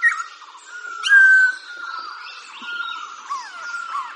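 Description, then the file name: Laughingthrush song with steady whistled notes, one loud clear whistle near the start and a few falling slurs toward the end. "Khuou"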